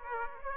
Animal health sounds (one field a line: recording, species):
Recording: mosquito wingbeat signal from an infrared sensor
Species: Aedes aegypti